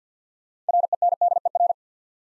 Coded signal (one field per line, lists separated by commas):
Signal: Morse code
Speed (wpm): 49 wpm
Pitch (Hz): 700 Hz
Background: none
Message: RENDER